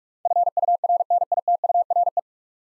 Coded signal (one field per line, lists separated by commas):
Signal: Morse code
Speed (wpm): 47 wpm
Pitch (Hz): 700 Hz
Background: none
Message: FURNITURE